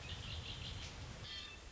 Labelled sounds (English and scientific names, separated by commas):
Red-winged Blackbird (Agelaius phoeniceus)